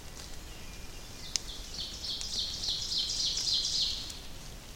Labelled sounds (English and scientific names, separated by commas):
Ovenbird (Seiurus aurocapilla) song